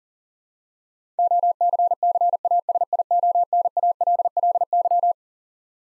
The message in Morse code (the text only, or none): OCCASIONALLY